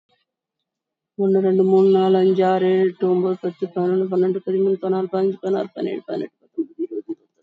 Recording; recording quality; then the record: counting at a fast pace; excellent, no background noise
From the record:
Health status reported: COVID-19 positive, moderate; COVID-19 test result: positive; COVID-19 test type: RT-PCR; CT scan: taken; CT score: 17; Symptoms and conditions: cough, cold, fatigue, asthma, hypertension, diabetes, another condition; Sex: female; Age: 56 years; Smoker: no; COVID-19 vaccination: one dose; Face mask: worn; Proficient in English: yes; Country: India